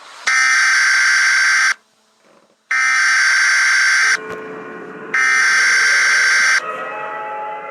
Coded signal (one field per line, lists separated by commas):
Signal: Emergency Alert System (SAME) tones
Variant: header bursts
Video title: EAS Scenario Tayo The Little Bus